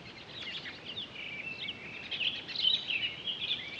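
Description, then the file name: Townsend's solitaire pouring out a fast, twittering warble of high sweet notes, getting stronger in the second half, with soft hiss underneath. Recorded 23 October 2011. "20111023 townsends-solitaire"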